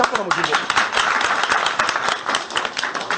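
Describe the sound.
An audience applauding: dense, steady clapping that fills the whole few seconds at an even loudness, with some voices mixed into the crowd noise, especially at the start.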